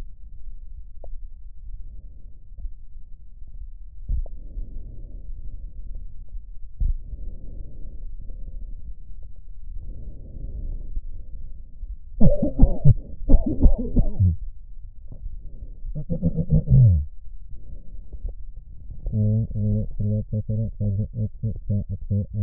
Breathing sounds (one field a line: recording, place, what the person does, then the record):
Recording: lung sounds by stethoscope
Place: left posterior apical chest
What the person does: quiet breathing, then cough and speech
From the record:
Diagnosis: none (healthy)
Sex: male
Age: 45 years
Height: 173 cm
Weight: 92 kg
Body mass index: 30.7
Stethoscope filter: extended mode